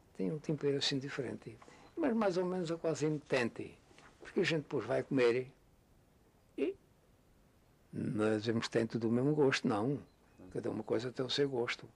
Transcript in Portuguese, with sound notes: Têm um tempero assim diferente; mas, mais ou menos, quase imitante. Porque a gente depois vai comer [pausa] não dizemos que tem tudo o mesmo gosto. Não. Cada uma coisa tem o seu gosto.